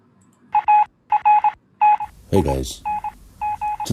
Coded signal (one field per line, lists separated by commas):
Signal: Morse code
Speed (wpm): 21 wpm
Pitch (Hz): 840 Hz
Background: speech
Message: ARTING